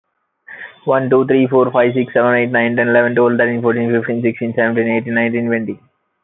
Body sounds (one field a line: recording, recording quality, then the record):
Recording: counting at a fast pace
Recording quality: excellent, no background noise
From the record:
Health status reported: healthy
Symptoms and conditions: none ticked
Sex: male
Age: 24 years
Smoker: not ticked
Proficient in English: yes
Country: India